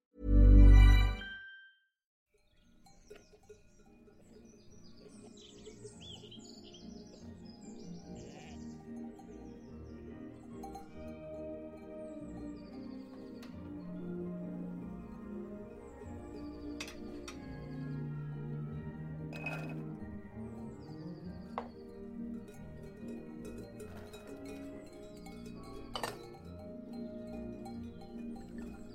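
A brief loud burst opens, then oldies music plays softly from the living room while occasional kitchen clinks and taps ring out.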